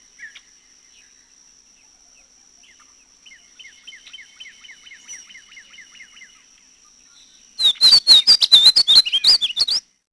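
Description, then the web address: Painted bunting song: a loud, hurried warble of high, twisting notes lasting about two seconds at the end, after a soft, regular run of faint ticking notes in the background. "Peterson North American Birds. pabu"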